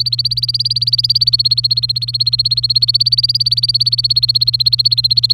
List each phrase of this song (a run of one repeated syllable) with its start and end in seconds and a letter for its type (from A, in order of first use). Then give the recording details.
0.00-5.33 A. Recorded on 27 April 2018 at 08:12. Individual llb3